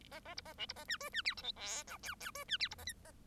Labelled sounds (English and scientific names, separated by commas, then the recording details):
Bengalese Finch (Lonchura striata domestica) song
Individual Bird1